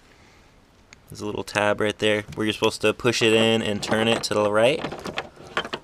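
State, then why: Not seated. Someone talks while trying to push an LED bulb socket into the plastic tail light housing of a WRX and twist it to the right to lock it. Two short sharp knocks come near the end, at about 5.6 and 5.7 seconds. The tabs stop the socket going all the way in, so nothing has seated or locked yet.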